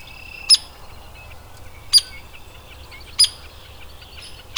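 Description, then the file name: Hairy woodpecker giving four sharp, high peek notes about every second and a half, with faint background bird twitters. Adult. "Hairy WPAdult"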